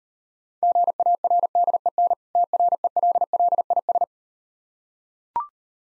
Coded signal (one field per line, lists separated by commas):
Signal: Morse code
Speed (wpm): 38 wpm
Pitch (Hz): 700 Hz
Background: none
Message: GARDEN TRELLIS